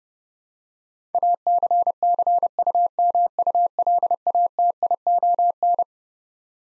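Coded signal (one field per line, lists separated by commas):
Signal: Morse code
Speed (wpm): 30 wpm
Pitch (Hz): 700 Hz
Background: none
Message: ACCUMULATION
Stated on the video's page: Head-copy drill of twelve-letter words at 30 wpm, each word sent, spoken, then sent again.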